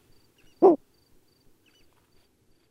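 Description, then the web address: Bulwer's petrel giving a single brief, husky, low bark against near silence. "aves-marinhas alma-negra Cantos Alma Negra"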